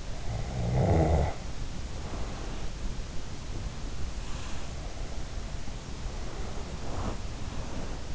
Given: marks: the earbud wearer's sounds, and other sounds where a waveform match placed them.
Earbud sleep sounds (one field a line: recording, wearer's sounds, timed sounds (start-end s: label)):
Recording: sounds in sleep by an in-ear microphone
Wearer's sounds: snoring breath, body movement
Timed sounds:
0.28-2.74 s: snoring breath
4.23-8.15 s: body movement